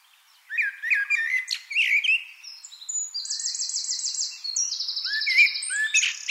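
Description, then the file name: Eurasian wren: bright twittering chirps lead into a Eurasian wren song of long, fast, rattling trills at high pitch, running on to the end. "Troglodytes troglodytes"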